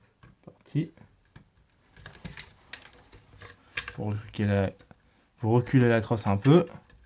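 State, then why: Not seated. After the battery's two small connectors are joined, the adjustable stock of a CYMA CM 518 M4-type airsoft replica is handled on its buffer tube while someone talks. Short handling taps and knocks come between the speech, most sharply around 2 to 4 seconds. The stock has not clicked home yet; nothing has seated.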